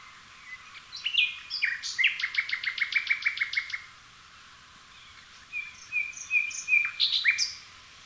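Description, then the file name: Common nightingale song: a few varied notes leading into a loud series of about a dozen sharp, evenly repeated notes, a pause, then a second phrase of varied chirps and whistles. "Luscinia megarhynchos"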